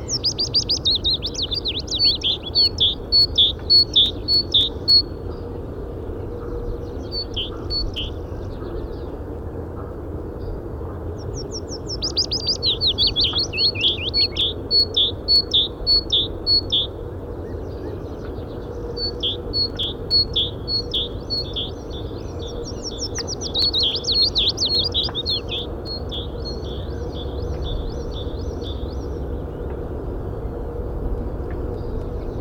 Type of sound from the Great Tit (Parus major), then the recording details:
call. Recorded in the wild. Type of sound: call. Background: Phylloscopus trochilus. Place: Lieberose, Brandenburg, DE. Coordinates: 51.983, 14.299. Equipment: Nagra III BH, Sennheiser MD 21, parabola. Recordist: Schubert, Michael. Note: Kohlmeise, Fitis